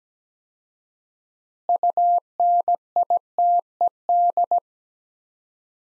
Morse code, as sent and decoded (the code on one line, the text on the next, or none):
..- -. .. - . -..
UNITED